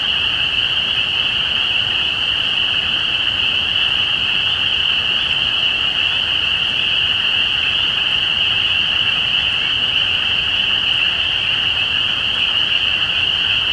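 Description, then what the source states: Spring peeper chorus, a constant shrill jingling of many overlapping high notes, unvarying in loudness. Recorded at Easter 2017.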